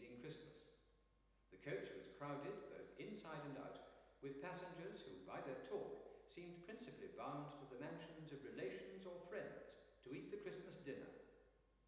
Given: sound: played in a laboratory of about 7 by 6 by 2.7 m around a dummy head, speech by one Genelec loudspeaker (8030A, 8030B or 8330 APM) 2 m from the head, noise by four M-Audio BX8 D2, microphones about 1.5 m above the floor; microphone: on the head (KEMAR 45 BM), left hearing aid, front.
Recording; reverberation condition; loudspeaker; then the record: male speech in English; high; 60 degrees to the left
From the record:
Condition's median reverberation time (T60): about 1300 ms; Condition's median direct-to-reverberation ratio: about -4.0 dB